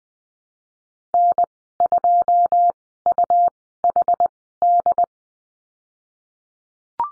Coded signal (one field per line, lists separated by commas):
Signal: Morse code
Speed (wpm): 20 wpm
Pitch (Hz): 700 Hz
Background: none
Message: N2UHD